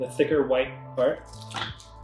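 The thicker white plastic part of a KAATSU C3 air tube connector is handled, ready to be snapped into the first pneumatic compression air band. Someone talks over background music. Nothing has seated or clicked yet.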